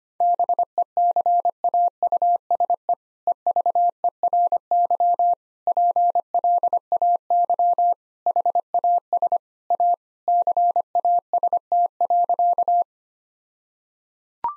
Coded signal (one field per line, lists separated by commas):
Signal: Morse code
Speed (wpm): 25 wpm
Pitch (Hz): 700 Hz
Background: none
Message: BECAUSE EVERY PLAY HAS A CAST.